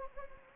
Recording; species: mosquito wingbeat signal from an infrared sensor; Anopheles gambiae